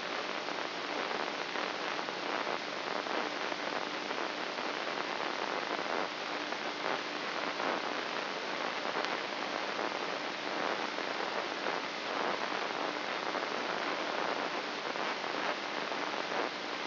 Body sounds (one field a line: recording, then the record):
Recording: brain microelectrode recording played as sound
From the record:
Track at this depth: outside the subthalamic nucleus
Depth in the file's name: 1.738 mm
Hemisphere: left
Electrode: 3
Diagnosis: Parkinson's disease